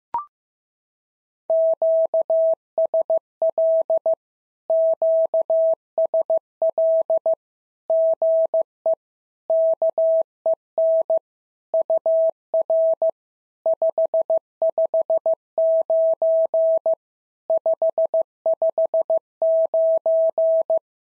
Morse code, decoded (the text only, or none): QSL QSL GE KEN UR 559 559